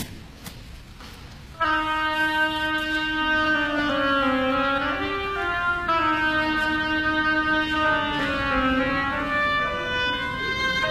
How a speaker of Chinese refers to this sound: 我们再来听听双簧管的声音，它代表了呱呱叫的小鸭子。